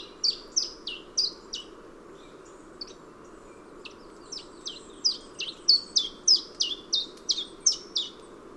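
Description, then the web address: Common chiffchaff calls: a quick series of high, thin, downslurred notes, in two bursts, against steady background hiss. Calls recorded on 7 August 2005 at Noarootsi. "Linnut Phylloscopus Phycol 20050807 Noarootsi"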